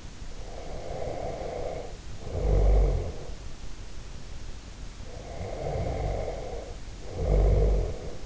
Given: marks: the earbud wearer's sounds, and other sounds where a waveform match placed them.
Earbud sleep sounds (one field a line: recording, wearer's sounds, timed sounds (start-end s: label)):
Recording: sounds in sleep by an in-ear microphone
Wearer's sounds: snoring breath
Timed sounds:
0.40-3.46 s: snoring breath
5.10-8.26 s: snoring breath